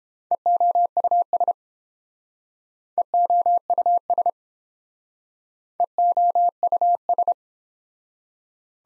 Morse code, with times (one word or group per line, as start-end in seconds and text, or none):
0.3-1.5 EOUS
3.0-4.3 EOUS
5.8-7.3 EOUS